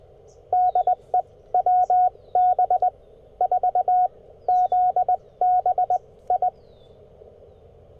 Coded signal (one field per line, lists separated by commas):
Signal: Morse code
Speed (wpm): 20 wpm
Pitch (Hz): 730 Hz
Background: none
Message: DE WB4ZBI